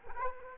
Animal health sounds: mosquito wingbeat signal from an infrared sensor; Culex quinquefasciatus

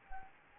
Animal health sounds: mosquito wingbeat signal from an infrared sensor; Anopheles gambiae

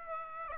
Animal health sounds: mosquito wingbeat signal from an infrared sensor; Aedes aegypti

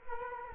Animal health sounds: mosquito wingbeat signal from an infrared sensor; Culex quinquefasciatus

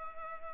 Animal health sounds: mosquito wingbeat signal from an infrared sensor; Culex pipiens

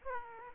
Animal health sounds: mosquito wingbeat signal from an infrared sensor; Aedes aegypti

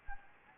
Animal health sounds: mosquito wingbeat signal from an infrared sensor; Anopheles gambiae

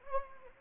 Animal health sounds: mosquito wingbeat signal from an infrared sensor; Anopheles gambiae

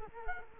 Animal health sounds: mosquito wingbeat signal from an infrared sensor; Culex quinquefasciatus

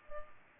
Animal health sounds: mosquito wingbeat signal from an infrared sensor; Culex pipiens

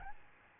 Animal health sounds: mosquito wingbeat signal from an infrared sensor; Aedes albopictus

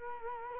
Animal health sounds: mosquito wingbeat signal from an infrared sensor; Culex quinquefasciatus

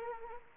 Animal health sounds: mosquito wingbeat signal from an infrared sensor; Anopheles arabiensis

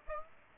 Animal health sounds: mosquito wingbeat signal from an infrared sensor; Aedes aegypti

